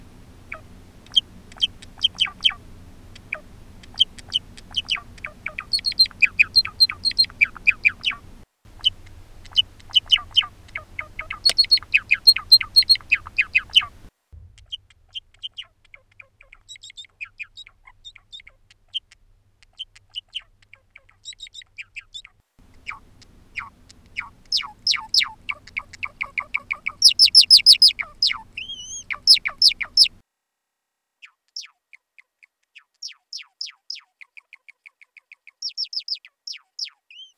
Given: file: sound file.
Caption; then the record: Songs with bill clicks in normally reared birds.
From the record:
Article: The Songbird as a Percussionist: Syntactic Rules for Non-Vocal Sound and Song Production in Java Sparrows